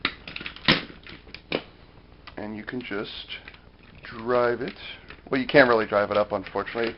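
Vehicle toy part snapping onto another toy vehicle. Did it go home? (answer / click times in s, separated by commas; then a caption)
yes / 0.1 s. A plastic/die-cast zord part of a Deluxe Turbo Megazord toy vehicle is pushed onto its mating part and snaps into place with a sharp, loud hit at 0.05 s, followed by a few softer plastic clacks and handling sounds. Someone then talks. The part is seated.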